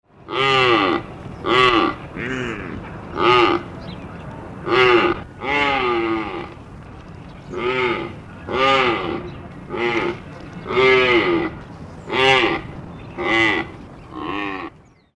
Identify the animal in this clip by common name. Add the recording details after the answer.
Red Deer. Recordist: Tembrock, Günter. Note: Rufe eines Weibchens